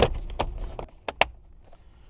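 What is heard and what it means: A final press on the plastic steering column cover of a 1996–2000 Honda Civic pushes its last clip into the lower column cover. A few quieter plastic clicks at about 0.4, 0.8 and 1.1 s lead to a sharp, bright snap at 1.2 s. The clip seats home, though the cover is still loose until its mounting screws go back in.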